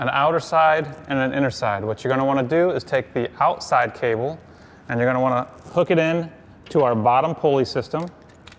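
Someone talks while handling the outer cable of a rack, preparing to clip its metal hook onto the bottom pulley attachment. Faint metallic jangling is heard under the talking. The clip ends before the hook goes on, and nothing has seated or clicked yet.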